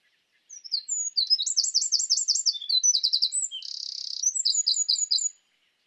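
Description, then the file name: Eurasian wren song of high whistled slurs, a rolling repeated trill, a brief buzzy burst and a final series of sharp repeated notes, about five seconds long. "Troglodytes troglodytes"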